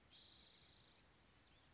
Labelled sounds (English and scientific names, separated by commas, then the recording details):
Spotted Towhee (Pipilo maculatus)
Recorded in Sonoma County, California